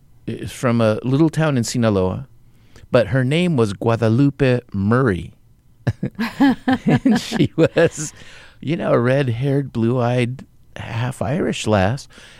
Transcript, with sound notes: is from a little town in Sinaloa. But her name was Guadalupe Murray (LAUGHTER) And she was, you know, red-haired, blue-eyed, half-Irish lass.